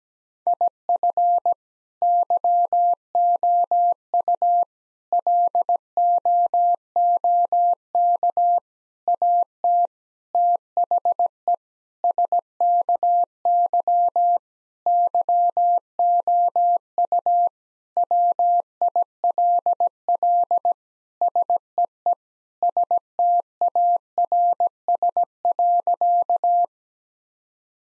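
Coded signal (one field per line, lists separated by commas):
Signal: Morse code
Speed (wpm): 17 wpm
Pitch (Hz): 700 Hz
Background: none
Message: IF YOU LOOK AT THE SKY YOU WILL SEE STARS.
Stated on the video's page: Morse practice of sentences containing common four-word phrases at 17 wpm, sent, spoken, then sent again.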